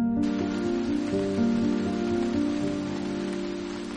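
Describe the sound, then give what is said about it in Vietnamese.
Heavy rain pours down at night on a poor hamlet in U Minh, in a steady, dense hiss that holds constant for the whole stretch, with a sustained low tonal drone running beneath it and no voices. “Trận mưa xối xả trút xuống cái xóm nghèo ở vùng đất mới được khai khẩn ngót nghét chục năm ở chốn U Minh này.”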